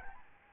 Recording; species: mosquito wingbeat signal from an infrared sensor; Aedes albopictus